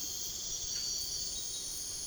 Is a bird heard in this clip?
no